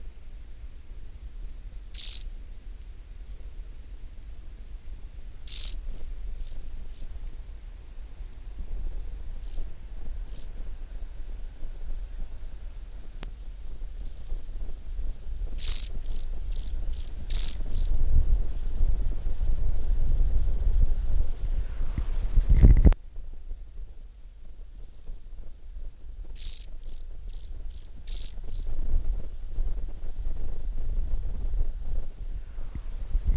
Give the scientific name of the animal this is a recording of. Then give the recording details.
Chorthippus brunneus. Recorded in the wild. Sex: male. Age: imago. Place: Wildpark Schorfheide, Schorfheide, Brandenburg, DE. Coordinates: 52.92, 13.56. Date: 1996-08-06 11:59. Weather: wechselnd wolkig, ca. 17°C. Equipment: Sony MD-WM MZ-R3, Sennheiser ME 80, Kopie Uher 4000 Report Monitor. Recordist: Tembrock, Günter